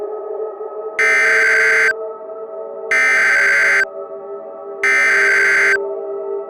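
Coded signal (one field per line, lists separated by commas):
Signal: Emergency Alert System (SAME) tones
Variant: header bursts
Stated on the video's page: Fictional EAS scenario.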